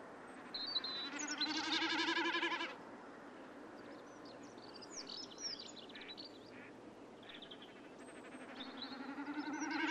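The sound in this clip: Snipe giving a bleating, rapidly pulsed humming sound that swells and fades, then builds again at the end, with scattered songbird notes in between.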